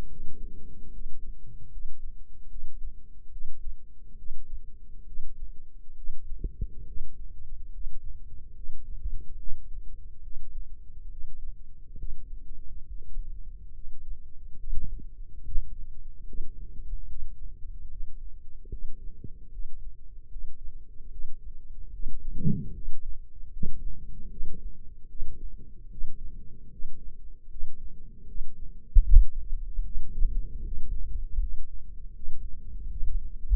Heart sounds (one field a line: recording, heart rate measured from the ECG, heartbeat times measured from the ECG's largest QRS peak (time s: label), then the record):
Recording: heart sounds by microphone in the left ear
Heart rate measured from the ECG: 73 bpm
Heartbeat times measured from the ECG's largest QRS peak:
0.08 s: heartbeat
0.90 s: heartbeat
1.69 s: heartbeat
2.48 s: heartbeat
3.30 s: heartbeat
4.16 s: heartbeat
5.05 s: heartbeat
5.95 s: heartbeat
6.85 s: heartbeat
7.71 s: heartbeat
8.54 s: heartbeat
9.37 s: heartbeat
10.21 s: heartbeat
11.08 s: heartbeat
11.96 s: heartbeat
12.85 s: heartbeat
13.72 s: heartbeat
14.58 s: heartbeat
15.42 s: heartbeat
16.25 s: heartbeat
17.06 s: heartbeat
17.87 s: heartbeat
18.69 s: heartbeat
19.49 s: heartbeat
20.28 s: heartbeat
21.09 s: heartbeat
21.91 s: heartbeat
22.73 s: heartbeat
23.51 s: heartbeat
24.28 s: heartbeat
25.07 s: heartbeat
25.89 s: heartbeat
26.69 s: heartbeat
27.48 s: heartbeat
28.26 s: heartbeat
29.04 s: heartbeat
29.82 s: heartbeat
30.62 s: heartbeat
31.38 s: heartbeat
32.13 s: heartbeat
32.88 s: heartbeat
From the record:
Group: healthy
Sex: male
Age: 35 years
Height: 178 cm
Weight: 64 kg